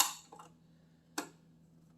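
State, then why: Seated. A loaded metal bobbin case, held open so the bobbin won't fall out, is slid back onto a sewing machine's center pin and clicks into place at 0.0 s, seated. A fainter tick follows at about 0.3 s and another sharp tick at about 1.2 s, over a steady low hum.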